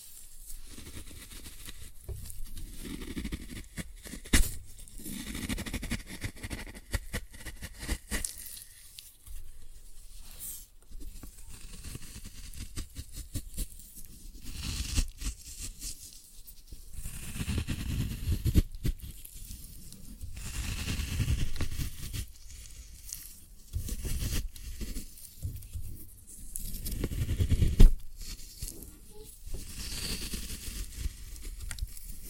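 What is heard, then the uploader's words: Floral foam being crushed, with dense crumbly crackling and soft tearing bursts that come in uneven waves throughout. Brief louder crunches stand out, one sharp crack near 28 seconds, over a low thumping rumble beneath the gritty texture. Floral Foam Glitter Bomb Crushing.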